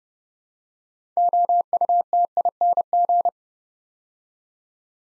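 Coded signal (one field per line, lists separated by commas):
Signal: Morse code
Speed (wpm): 30 wpm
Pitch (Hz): 700 Hz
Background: none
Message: OUTING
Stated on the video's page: Morse practice set building six-letter words three letters at a time at 30 wpm, for beginners working on instant character recognition.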